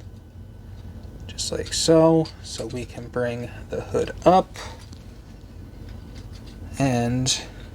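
Someone talks while handling the hood panel of a plastic Transformers Generations Legacy Evolution Detritus transforming figure, bringing the hood up toward its body during transformation. Only faint handling noises sit under the voice, and nothing has seated or snapped into place yet.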